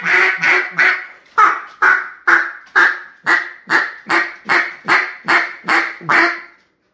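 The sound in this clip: Duck quacking: a loud series of many harsh, nasal quacks, roughly every half second, with nothing else audible.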